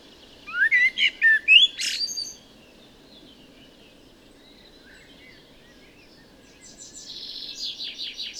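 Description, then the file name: Common blackbird delivering a short warbled phrase ending in a sharp squeaky flourish, followed by silence and then a run of quieter high, rapidly repeated twittering notes. "Turdus merula"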